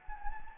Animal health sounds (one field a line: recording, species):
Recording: mosquito wingbeat signal from an infrared sensor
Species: Anopheles gambiae